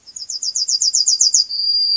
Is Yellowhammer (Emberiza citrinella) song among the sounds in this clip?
yes